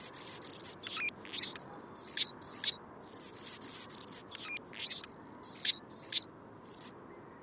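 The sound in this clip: Anna's hummingbird song: rapid, scratchy, sizzling high notes in short stuttering bursts, repeated steadily through the whole stretch.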